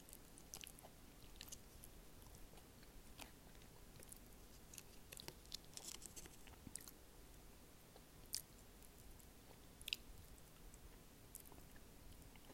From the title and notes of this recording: Sharing my first time enjoying Salmon Egg Rolls. Salmon Egg Rolls paired with Strawberry Yogurt and Orange Juice.